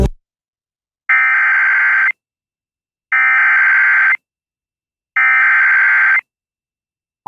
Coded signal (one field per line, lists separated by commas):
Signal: Emergency Alert System (SAME) tones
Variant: header bursts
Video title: November Marginal, EAS Alerts From 11/8/25: EAS #913-919